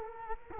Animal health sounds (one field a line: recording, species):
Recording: mosquito wingbeat signal from an infrared sensor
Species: Culex quinquefasciatus